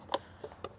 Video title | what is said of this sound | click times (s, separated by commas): BMW 435i F32: Dinan intake install and review | this just pops into place there's these grommets | 0.1 s, 0.6 s